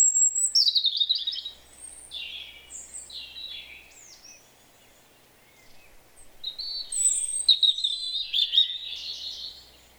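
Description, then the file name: European robin song in two bursts: thin high whistles and sliding warbled notes, a quiet gap, then another rush of rapid, jumbled twittering. "Erithacus rubecula"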